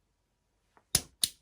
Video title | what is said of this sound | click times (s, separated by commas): ZERO Press by Area 419 | until it clicks once it clicks that sufficient pressure this is locked into place | 0.9 s, 1.2 s